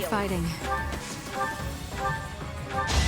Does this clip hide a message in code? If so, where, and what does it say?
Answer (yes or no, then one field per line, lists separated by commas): no